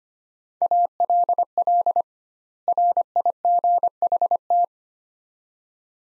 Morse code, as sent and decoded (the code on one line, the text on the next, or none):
.- .-.. .-.. / .-. .. --. .... -
ALL RIGHT